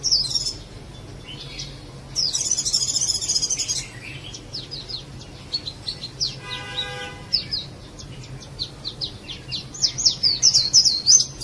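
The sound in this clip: Birdsong: a rapid series of high, sharp chirps and trills, with a dense buzzy burst near two seconds and a brief harmonic note midway, over a low steady hum.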